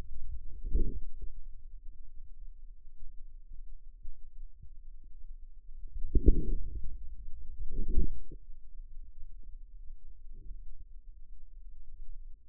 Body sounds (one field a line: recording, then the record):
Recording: forearm muscle sounds (acoustic myography)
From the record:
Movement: outward rotation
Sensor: system 2, bracelet of six BSWA MPA416 microphones around the upper forearm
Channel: 6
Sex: male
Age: 22 years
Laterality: right